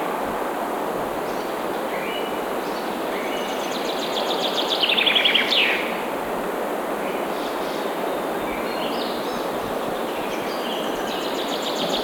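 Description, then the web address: Bird song: a phrase of repeated notes falling in pitch midway, with faint scattered chirps throughout over a loud steady rushing hiss. Birds singing in a forest. "مجموعه افکت صدا حیوانات SES Animals SFX Singing Forest Birds"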